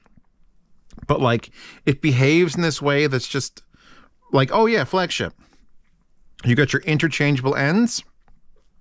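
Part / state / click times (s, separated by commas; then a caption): modular termination plug into earphone cable end / not seated / none. Someone talks while handling a thick fabric cable for the Dunu Glacier flagship in-ear monitors, about to fit a right-angle Dunu interchangeable termination plug onto its modular end. Only faint handling ticks sit beneath the voice, and nothing has seated or clicked yet.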